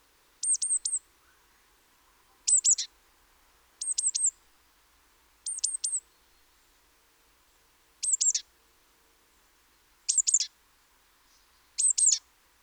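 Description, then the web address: Great tit calls: bursts of two or three very high, thin notes, each sharply dropping, repeated roughly every two seconds in quiet surroundings. "SETE Parus major"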